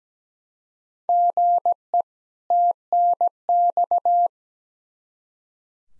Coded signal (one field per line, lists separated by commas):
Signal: Morse code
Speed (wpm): 17 wpm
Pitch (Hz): 700 Hz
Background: none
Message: GE TNX